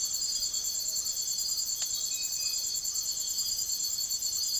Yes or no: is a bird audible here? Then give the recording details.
no. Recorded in secondary vegetation near Puerto Asís, Putumayo, Colombia, on 9 March 2025 at 05:30. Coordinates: 0.489, -76.322. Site G042